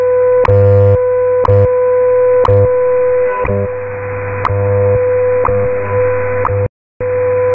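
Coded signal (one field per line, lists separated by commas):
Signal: radio time signal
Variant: WWV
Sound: steady 500 Hz tone broken by a sharp tick every second, low buzzing pulses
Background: radio static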